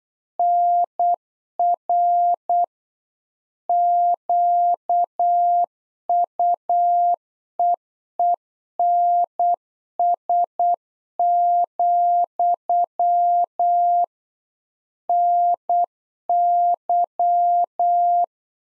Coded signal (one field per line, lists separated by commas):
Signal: Morse code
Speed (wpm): 8 wpm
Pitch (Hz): 700 Hz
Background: none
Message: NR QUEENS, NY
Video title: Practice QSO - Complete One-Sided - 8wpm